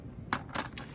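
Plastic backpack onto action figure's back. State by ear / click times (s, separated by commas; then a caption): seated / 0.3 s. A plastic backpack is fitted onto the back of a McFarlane Warhammer 40,000 Black Legion chaos space marine action figure, clicking into place at 0.3 s with a sharp, bright snap. It is followed by fainter clicks near 0.6 s and 0.8 s. The backpack seats firmly and is very hard to knock off, unlike the Word Bearer figure's backpack, which falls off easily.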